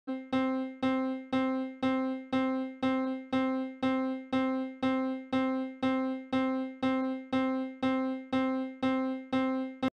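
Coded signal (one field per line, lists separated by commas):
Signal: none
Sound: electronic keyboard note beeps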